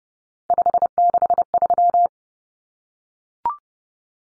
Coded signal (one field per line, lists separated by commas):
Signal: Morse code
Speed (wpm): 30 wpm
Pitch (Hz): 700 Hz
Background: none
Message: 563